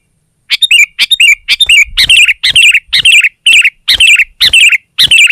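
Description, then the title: Sooty-headed bulbul repeating a short, bright, slightly buzzy note about twice per second, each phrase dropping slightly at its end. "kutilang"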